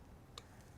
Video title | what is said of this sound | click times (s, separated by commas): How To Use A Stick-e-Stake Sign Extender - DIY Holiday Swag Tutorial | you can hear it lock, okay? | 0.4 s